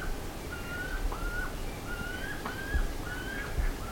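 Bird calls: a row of rising whistled notes given about once a second, fairly soft against a hissy, rumbling background.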